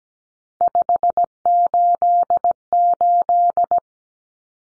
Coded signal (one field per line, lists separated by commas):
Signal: Morse code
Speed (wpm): 17 wpm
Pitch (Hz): 700 Hz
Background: none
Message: 588